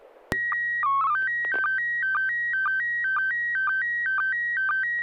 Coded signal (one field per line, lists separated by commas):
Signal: SSTV (slow-scan television)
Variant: PD 120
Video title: N6NA SSTV Net - 01/22/2025